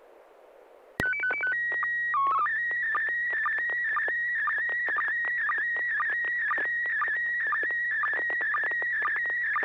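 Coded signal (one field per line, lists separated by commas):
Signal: SSTV (slow-scan television)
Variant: PD 120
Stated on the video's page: SSTV images exchanged during a weekly amateur net on a 441.300 MHz FM repeater in Sacramento, California, using MMSSTV.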